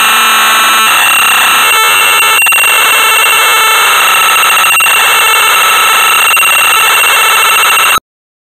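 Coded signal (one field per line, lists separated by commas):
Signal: computer data on cassette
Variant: Amstrad CPC 464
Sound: harsh, buzzing data screech with steady harmonic tones and a few brief dropouts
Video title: Sabre Wulf (1985) - Amstrad CPC 464 (Full Tape Rip / Cassette Load)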